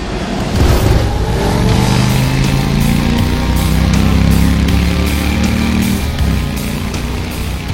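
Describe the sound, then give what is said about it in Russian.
A motorcycle engine roars loudly and steadily, its deep rumbling pitch climbing gradually as it revs for several seconds before easing off near the end. No one speaks. The bike lurches forward and speeds up, passing between a fence and garbage bins. “Мотор сердито рявкнул, и байк буквально швырнуло вперед.”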